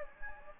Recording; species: mosquito wingbeat signal from an infrared sensor; Anopheles gambiae